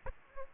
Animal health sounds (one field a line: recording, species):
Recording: mosquito wingbeat signal from an infrared sensor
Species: Aedes aegypti